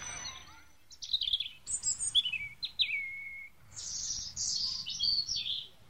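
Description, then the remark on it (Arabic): Caged sparrows chirp and twitter in quick bursts of high, bright calls, several overlapping, with a low rumbling background underneath and no talking. “وبعد ذلك جلس الأستاذ حاتم مع طلابه بالقرب من أقفاص العصافير”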